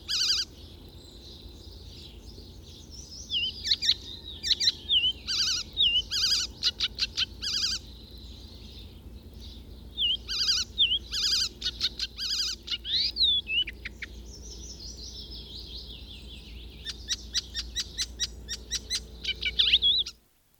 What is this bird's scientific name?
Hippolais icterina